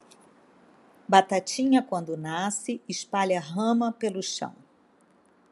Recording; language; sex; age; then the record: short text; Brazilian Portuguese; female; 60 to 69 years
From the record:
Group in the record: control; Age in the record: 61 years